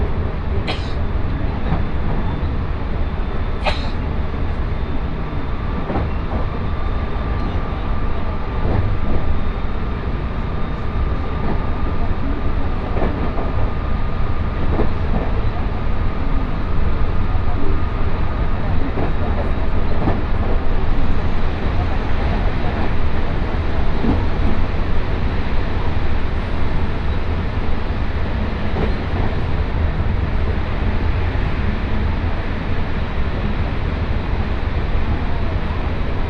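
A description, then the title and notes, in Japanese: A Tokaido Line special rapid train runs steadily from Kusatsu toward Shin-Osaka, its deep rumble dense and constant throughout. Faint clicks and knocks pass now and then, sharper ones near the start, and a thin high tone sings for several seconds midway. 耳で楽しむ鉄道旅 東海道本線新快速 草津→新大阪。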